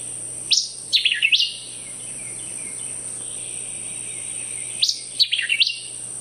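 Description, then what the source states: White-eyed Vireo song: two emphatic phrases of sharp, slurred whistled notes sweeping up and down, about four seconds apart, with a steady high hiss behind. Quite variable song from a persistent, loud singer.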